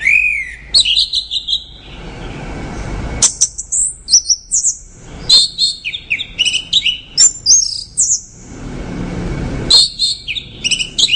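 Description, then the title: Orange-headed thrush delivering rich, rapid phrases of slurred high whistles and chirps, pausing briefly between bursts over faint low noise. "Anis Merah"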